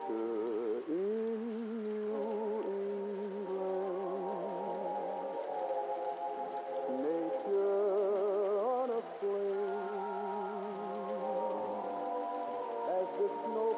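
Oldies music plays from another room, muffled and dull, carried by a slow melody of long held notes with a wide, wavering vibrato over a steady low line. It runs continuously at an even level, with a faint hiss of rain underneath.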